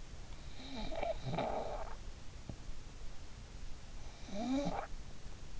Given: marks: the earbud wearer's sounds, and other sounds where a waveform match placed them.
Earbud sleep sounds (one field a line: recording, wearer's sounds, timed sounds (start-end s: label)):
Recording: sounds in sleep by an in-ear microphone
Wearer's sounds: snoring breath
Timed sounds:
0.35-2.14 s: snoring breath
3.96-5.39 s: snoring breath